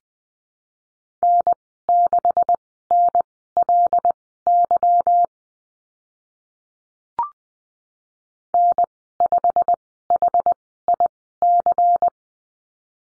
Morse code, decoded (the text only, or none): N6NLY N5HIC